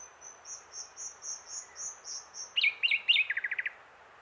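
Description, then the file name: Common nightingale song: a series of high pure whistled notes, then loud sweeping notes and a fast rattling trill of repeated strokes. "Luscinia megarhynchos"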